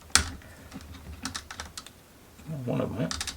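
A thicker pry tool levers apart the plastic shell halves of a DualSense game controller during a battery change, and one plastic snap clip lets go with a sharp snap at 0.2 s. Softer clicks and scrapes from the tool follow as someone talks. The clip pops open and is released.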